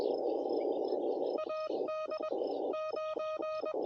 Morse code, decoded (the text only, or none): AD 9